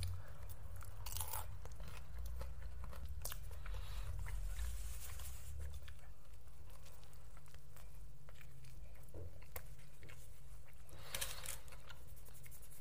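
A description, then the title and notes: A person eating, with short crisp chewing and crunching clicks scattered throughout, some in quick bursts near the start and again around eleven seconds. A low steady rumble sits underneath, heavier during the first six seconds and then thinning out. A PERSON EATING.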